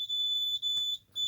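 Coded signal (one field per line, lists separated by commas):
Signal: alarm pattern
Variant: Simplex security keypad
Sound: high-pitched piercing keypad tone, nearly continuous with brief dropouts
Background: click or knock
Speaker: open that up, keypad sounds continuously, and it will sound continuously for 30 seconds until the system is disarmed.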